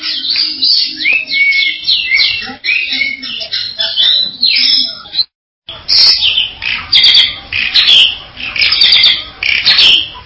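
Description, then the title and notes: Bali myna song: harsh, scratchy chattering with downslurred notes, a brief silence, then more grating squawks. "Jalak Bali 2. Kicau Burung Jalak"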